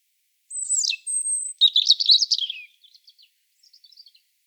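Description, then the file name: European robin song: a high falling whistle, a sustained thin note, then a jumbled rapid twittering trill trailing off into soft notes. "Erithacus rubecula"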